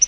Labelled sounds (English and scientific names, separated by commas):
Yellow-rumped Warbler (Setophaga coronata) flight call